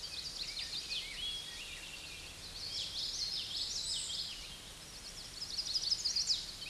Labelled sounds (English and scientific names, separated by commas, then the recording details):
Common Yellowthroat (Geothlypis trichas) song
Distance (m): 35 m
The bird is about 5 m above the microphone
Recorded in a Pennsylvania forest on 16 May 2024 at 07:09
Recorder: AudioMoth, point MSD-1418
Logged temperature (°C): 16.4 °C
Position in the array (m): 243 m, 174 m